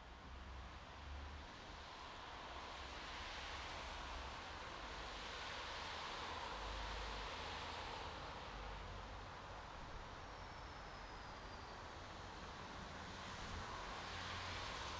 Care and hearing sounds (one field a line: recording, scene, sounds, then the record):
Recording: everyday scene through a hearing-aid microphone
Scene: in traffic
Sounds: traffic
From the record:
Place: bus stop on a city main road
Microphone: in the ear canal, right